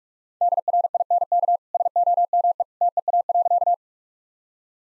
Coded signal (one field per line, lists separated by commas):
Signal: Morse code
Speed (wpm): 46 wpm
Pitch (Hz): 700 Hz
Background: none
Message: DRINK SOME TEA.